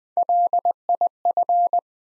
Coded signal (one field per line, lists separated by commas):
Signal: Morse code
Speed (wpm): 20 wpm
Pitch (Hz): 700 Hz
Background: none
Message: LIF